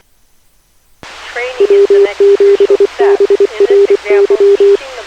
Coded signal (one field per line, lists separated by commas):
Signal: Morse code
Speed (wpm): 25 wpm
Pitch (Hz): 410 Hz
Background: speech, radio noise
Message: W7BRY